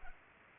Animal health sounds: mosquito wingbeat signal from an infrared sensor; Culex pipiens

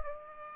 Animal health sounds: mosquito wingbeat signal from an infrared sensor; Aedes aegypti

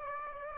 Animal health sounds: mosquito wingbeat signal from an infrared sensor; Aedes aegypti

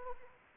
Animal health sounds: mosquito wingbeat signal from an infrared sensor; Anopheles arabiensis

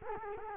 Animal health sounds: mosquito wingbeat signal from an infrared sensor; Culex quinquefasciatus

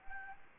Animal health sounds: mosquito wingbeat signal from an infrared sensor; Anopheles arabiensis

